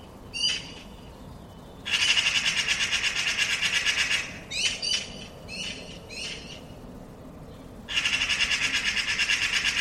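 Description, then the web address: Bird alternating long, rapid rattling chatters of evenly pulsed harsh notes with clusters of short, scratchy calls, all loud over a quiet background. "cianscape birddata Deverinetal"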